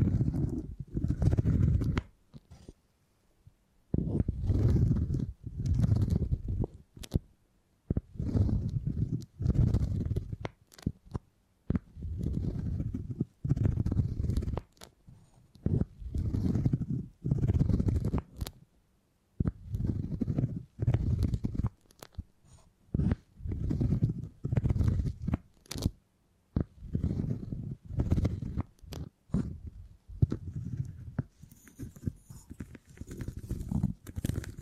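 Beeswax is worked and squeezed in repeated bursts, each a soft, low, squishy rubbing lasting one to two seconds, separated by brief silences. Sharp thin clicks and sticky crackles mark some strokes, and the final seconds turn lighter and brighter with faint crinkling.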